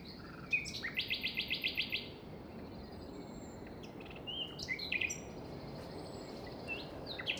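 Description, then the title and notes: Common nightingale song with a fast rattling run of repeated notes and sharp whistles, followed by softer phrases, over steady wind noise. Nightingale singing beside a path at 5:05 am, 21 May 2019, Plateau de Lesches en Diois; windy; recorded in stereo on a Nagra Seven with MKH40 microphones. "Plateau de Lesches en diois. un rossignol en bord de chemin"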